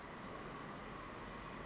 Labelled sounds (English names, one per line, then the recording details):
Chestnut-backed Chickadee
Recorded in Sonoma County, California